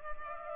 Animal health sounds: mosquito wingbeat signal from an infrared sensor; Culex pipiens

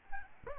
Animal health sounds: mosquito wingbeat signal from an infrared sensor; Aedes aegypti

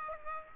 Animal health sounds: mosquito wingbeat signal from an infrared sensor; Aedes aegypti

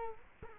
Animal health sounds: mosquito wingbeat signal from an infrared sensor; Culex quinquefasciatus

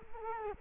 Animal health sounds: mosquito wingbeat signal from an infrared sensor; Culex quinquefasciatus

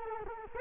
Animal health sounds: mosquito wingbeat signal from an infrared sensor; Culex quinquefasciatus

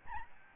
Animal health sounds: mosquito wingbeat signal from an infrared sensor; Aedes albopictus

